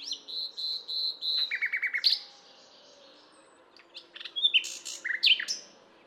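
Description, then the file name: Common nightingale song opening with a series of whistled notes, then rapid repeated chirps, a quiet pause and more clear, sharp phrases. "Luscinia megarhynchos"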